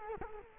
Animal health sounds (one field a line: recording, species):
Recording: mosquito wingbeat signal from an infrared sensor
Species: Culex quinquefasciatus